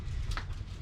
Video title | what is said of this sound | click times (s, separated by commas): Lectric XP - Update On Bent Rear Rack - Installed The New Rear Rack They Sent Out - Looks Great! | it pops right in there so | 0.3 s, 0.4 s